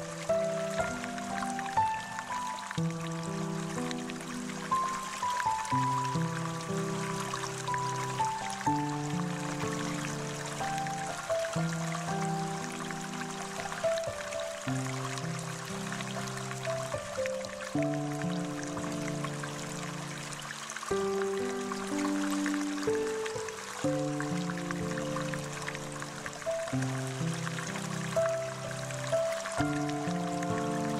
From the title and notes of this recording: 1 hour Relaxing Water flow sound with deep Relaxing Music.